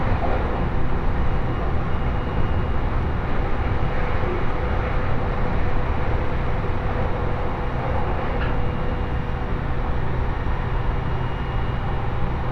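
A train runs along the Tohoku Main Line with a steady, dense rumble that stays heavy in the low end and keeps an even level throughout. A faint steady whine hums above it, and brief brighter squeaks surface around four and eight seconds.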